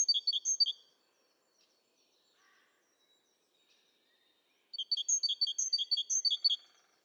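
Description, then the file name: Great tit giving bright, repeated three-note phrases in two bursts separated by about four seconds of near silence. "Parus major"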